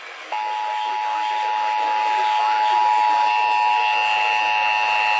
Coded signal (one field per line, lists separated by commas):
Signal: Emergency Alert System (SAME) tones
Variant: 853 and 960 Hz attention tone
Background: speech